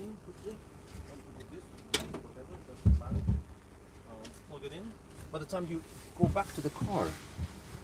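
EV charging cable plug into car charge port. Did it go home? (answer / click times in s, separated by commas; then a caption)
no / none. Someone talks while a Tesla supercharger plug is handled near a Tesla Model 3 Standard's charge port, with short sharp handling sounds around 1.9 s and 2.1 s. Nothing has seated or clicked into the port yet.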